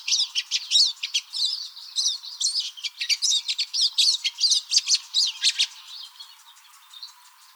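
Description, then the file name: Pine siskin twittering, a fast stream of high chirps and slurred notes that fades out toward the end. Recorded in Arizona on 16 May 2006. "PISI 1 A deviche"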